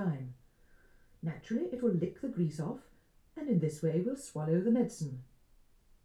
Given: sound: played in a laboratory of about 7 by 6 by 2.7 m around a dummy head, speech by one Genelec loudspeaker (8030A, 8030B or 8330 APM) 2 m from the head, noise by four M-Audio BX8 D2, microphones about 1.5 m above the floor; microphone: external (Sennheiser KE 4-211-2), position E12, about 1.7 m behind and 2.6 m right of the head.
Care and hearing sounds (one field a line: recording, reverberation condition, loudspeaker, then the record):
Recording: female speech in English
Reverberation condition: low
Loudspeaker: 120 degrees to the right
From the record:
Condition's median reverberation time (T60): about 310 ms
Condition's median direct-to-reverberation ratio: about 3.5 dB